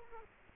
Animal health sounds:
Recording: mosquito wingbeat signal from an infrared sensor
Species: Culex quinquefasciatus

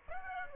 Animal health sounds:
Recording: mosquito wingbeat signal from an infrared sensor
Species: Aedes aegypti

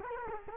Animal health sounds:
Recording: mosquito wingbeat signal from an infrared sensor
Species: Culex quinquefasciatus

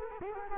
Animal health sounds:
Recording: mosquito wingbeat signal from an infrared sensor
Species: Culex quinquefasciatus

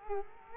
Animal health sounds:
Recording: mosquito wingbeat signal from an infrared sensor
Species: Culex quinquefasciatus

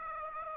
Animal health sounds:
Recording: mosquito wingbeat signal from an infrared sensor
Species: Aedes aegypti

